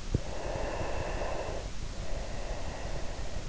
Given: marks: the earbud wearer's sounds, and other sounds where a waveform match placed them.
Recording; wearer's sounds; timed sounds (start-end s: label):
sounds in sleep by an in-ear microphone; breath
0.37-3.49 s: breath